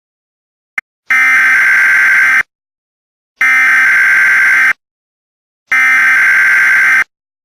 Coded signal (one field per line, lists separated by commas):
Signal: Emergency Alert System (SAME) tones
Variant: header bursts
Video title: EAS Scenario #1: Serial Killer